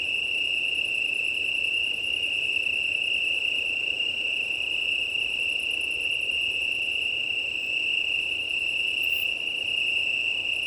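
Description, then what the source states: Italian tree cricket chorus, a steady continuous trilling drone with no breaks, overlaid by faint pulsed chirping of other insects higher up and a low rush of wind. Chorus of many Italian tree crickets at start of night, 20:35 on 18 September 2019, Plateau de Lesches en Diois, Drôme, France; windy; recorded with Nomad six-track recorder and MKH8020 microphones.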